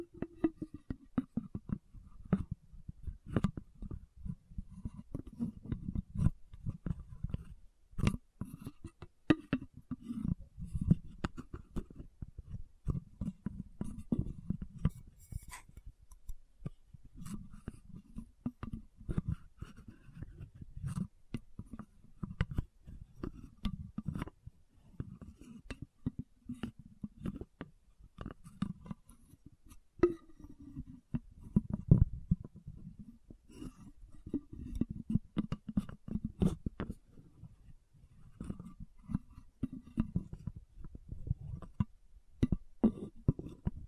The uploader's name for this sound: Lid Sounds & Bottle Tapping, Scratching